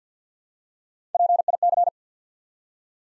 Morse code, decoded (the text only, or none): PIC